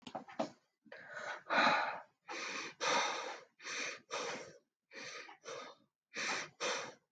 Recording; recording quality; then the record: shallow breathing; excellent, no background noise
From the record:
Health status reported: healthy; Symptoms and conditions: none ticked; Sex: female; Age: 36 years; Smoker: not ticked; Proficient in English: yes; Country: United States